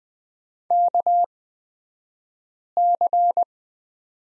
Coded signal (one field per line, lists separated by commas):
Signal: Morse code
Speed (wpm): 20 wpm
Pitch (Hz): 700 Hz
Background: none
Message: KC